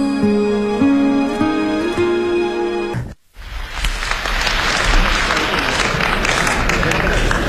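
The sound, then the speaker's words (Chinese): A few seconds of music cut off, followed by a loud, sustained burst of audience applause: dense, steady clapping from many hands that carries on without letting up. “从掌声当中我听出来了， 什么呀？”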